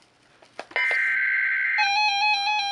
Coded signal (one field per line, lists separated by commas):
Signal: Emergency Alert System (SAME) tones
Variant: header bursts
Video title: EAS #1514 - Severe Thunderstorm Warning 7-18-2016